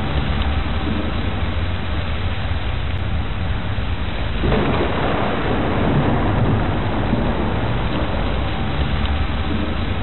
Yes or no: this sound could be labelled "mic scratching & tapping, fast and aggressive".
no